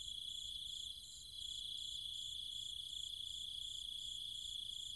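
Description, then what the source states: Cicadas whine constantly on a single high pitch while a higher layer throbs in fast regular pulses, with a slight lull near one second. Cicadas and other insects calling at night in trees and fields, countryside, Chiang Mai, Thailand.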